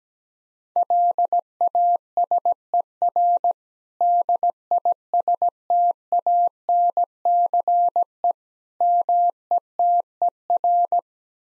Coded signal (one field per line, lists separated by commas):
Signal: Morse code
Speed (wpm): 18 wpm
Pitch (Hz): 700 Hz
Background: none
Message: LASER DISTANCE METER